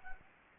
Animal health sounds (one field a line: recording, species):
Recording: mosquito wingbeat signal from an infrared sensor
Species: Anopheles gambiae